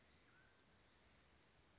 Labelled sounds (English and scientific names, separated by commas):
Mountain Quail (Oreortyx pictus)